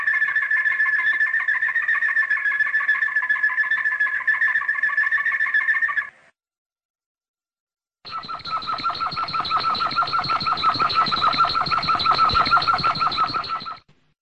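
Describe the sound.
Domestic canary song with two long rapid rolling trills of different tone, separated by a short silence.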